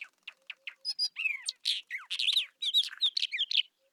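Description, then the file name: Isabelline Wheatear song opens with quick short dry notes, then breaks into a dense, hurried warble of chattering, whistled and harsh notes. Recorded at Telmen Nuur, Mongolia. "isawheat mng telmen-nuur"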